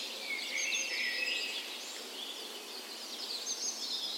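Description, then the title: Birds singing together in a soft chorus, steady high twittering and thin whistles blending continuously. Spring dawn chorus in a park west in Bergen, Norway, morning of 17 May, Norway's National Day; recorded with Sony PCM A10 and LOM micro Usi mics as tree ears. "17th Of May Dawn Chorus"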